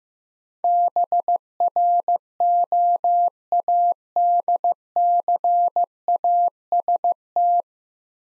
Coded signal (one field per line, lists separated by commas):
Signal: Morse code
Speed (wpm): 15 wpm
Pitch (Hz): 700 Hz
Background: none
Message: BROADCAST